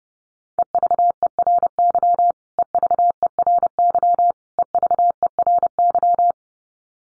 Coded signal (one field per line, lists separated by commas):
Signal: Morse code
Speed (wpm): 30 wpm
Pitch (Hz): 700 Hz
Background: none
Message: EVERY EVERY EVERY